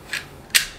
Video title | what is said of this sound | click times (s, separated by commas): Smith and Wesson M&P 9mm SHIELD Field Strip - Disassembly | Now with the front of the frame and the rear of the slide, you're going to go ahead and just slide those together, mating them until you hear the click. | 0.6 s